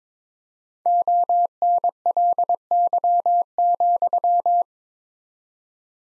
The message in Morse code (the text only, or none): ONLY,